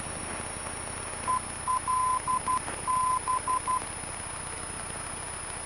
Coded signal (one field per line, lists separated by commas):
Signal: Morse code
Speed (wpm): 12 wpm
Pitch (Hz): 1020 Hz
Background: none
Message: ELB